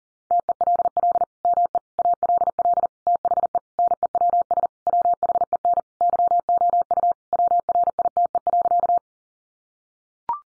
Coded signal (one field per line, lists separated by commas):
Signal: Morse code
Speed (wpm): 37 wpm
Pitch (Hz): 700 Hz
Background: none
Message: TELL ME ALL THE NEWS WHEN YOU WRITE.